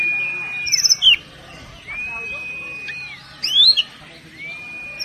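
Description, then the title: Oriental magpie-robin song: long steady whistled tones alternating with short bursts of sharp, twisting high notes, repeated throughout. "Kacer"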